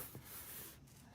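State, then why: Not seated. A plastic retaining clip on a Lexus/Toyota door panel is handled and pushed toward the car door frame, giving soft rubbing and a steady broadband hiss with a brief low thump near 0.2 s. Nothing has seated or clicked yet.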